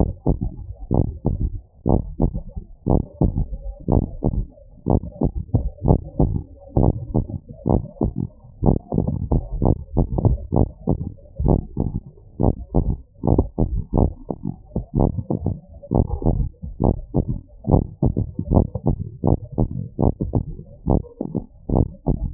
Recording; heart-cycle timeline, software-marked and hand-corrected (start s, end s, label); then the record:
heart sounds
0.00	0.11	S1
0.11	0.27	systole
0.27	0.39	S2
0.39	0.93	diastole
0.93	1.07	S1
1.07	1.27	systole
1.27	1.39	S2
1.39	1.91	diastole
1.91	2.03	S1
2.03	2.21	systole
2.21	2.33	S2
2.33	2.87	diastole
2.87	3.01	S1
3.01	3.21	systole
3.21	3.33	S2
3.33	3.89	diastole
3.89	4.05	S1
4.05	4.31	systole
4.31	4.45	S2
4.45	4.91	diastole
4.91	5.01	S1
5.01	5.21	systole
5.21	5.31	S2
5.31	5.85	diastole
5.85	5.99	S1
5.99	6.21	systole
6.21	6.35	S2
6.35	6.77	diastole
6.77	6.93	S1
6.93	7.13	systole
7.13	7.25	S2
7.25	7.69	diastole
7.69	7.81	S1
7.81	8.01	systole
8.01	8.13	S2
8.13	8.65	diastole
8.65	8.79	S1
8.79	9.03	systole
9.03	9.17	S2
9.17	9.61	diastole
9.61	9.77	S1
9.77	9.97	systole
9.97	10.07	S2
10.07	10.55	diastole
10.55	10.69	S1
10.69	10.89	systole
10.89	10.99	S2
10.99	11.41	diastole
11.41	11.59	S1
11.59	11.79	systole
11.79	11.91	S2
11.91	12.41	diastole
12.41	12.55	S1
12.55	12.75	systole
12.75	12.85	S2
12.85	13.27	diastole
13.27	13.37	S1
13.37	13.51	systole
13.51	13.55	S2
13.55	13.97	diastole
13.97	14.13	S1
14.13	14.35	systole
14.35	14.43	S2
14.43	14.97	diastole
14.97	15.11	S1
15.11	15.31	systole
15.31	15.41	S2
15.41	15.95	diastole
15.95	16.07	S1
16.07	16.25	systole
16.25	16.37	S2
16.37	16.83	diastole
16.83	16.97	S1
16.97	17.17	systole
17.17	17.27	S2
17.27	17.69	diastole
17.69	17.85	S1
17.85	18.03	systole
18.03	18.13	S2
18.13	19.24	diastole
19.24	19.33	S1
19.33	19.57	systole
19.57	19.67	S2
19.67	20.00	diastole
20.00	20.11	S1
20.11	20.32	systole
20.32	20.38	S2
20.38	20.87	diastole
20.87	20.98	S1
20.98	21.19	systole
21.19	21.31	S2
21.31	21.71	diastole
21.71	21.81	S1
21.81	22.05	systole
22.05	22.14	S2
22.14	22.34	diastole
From the record:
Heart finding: abnormal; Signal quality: good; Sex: male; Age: 27 years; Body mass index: 26.2